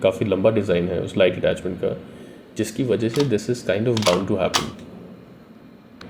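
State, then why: Seated. Someone talks while a full-size 1911/2011 pistol fitted with a Surefire X300 weapon light is pushed into a polymer level-2 retention OWB holster. A single sharp click sounds at 6.0 s as the pistol locks in and seats properly in the holster.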